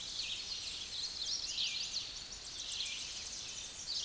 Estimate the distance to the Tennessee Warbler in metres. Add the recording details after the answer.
about 35 m. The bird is about level with the microphone. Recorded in a Pennsylvania forest on 16 May 2024 at 09:29. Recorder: AudioMoth, point MSD-1401. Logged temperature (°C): 16.4 °C. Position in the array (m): 78 m, 201 m